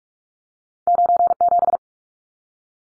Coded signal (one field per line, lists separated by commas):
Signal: Morse code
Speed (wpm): 44 wpm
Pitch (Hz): 700 Hz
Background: none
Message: 97